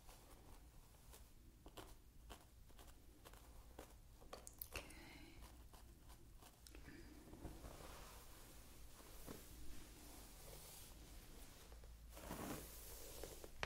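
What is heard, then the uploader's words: Quiet rustling and brushing sounds like fingers moving through hair, with soft repeated strokes and small crackles throughout. Around the middle the texture grows denser and slightly louder, with brief brighter scratches near seven and twelve seconds over a low steady hum. ASMR Playing with Your Hair.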